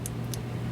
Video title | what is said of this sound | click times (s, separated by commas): Episode 9 - The SLICE Machine | click into place okay | 0.1 s, 0.3 s